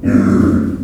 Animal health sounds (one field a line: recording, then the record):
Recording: squeal of a Yucatan mini pig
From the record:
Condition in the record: after surgery on the right vocal fold (resection and tissue-engineered implant)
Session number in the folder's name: 7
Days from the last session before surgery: 47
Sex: female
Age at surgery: 19 weeks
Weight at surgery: 25 kg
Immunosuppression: prednisolone